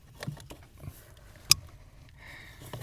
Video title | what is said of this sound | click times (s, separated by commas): Remote Start Upgrade with your Factory Key! | Made sure to hear the click, and that part is in. | 1.5 s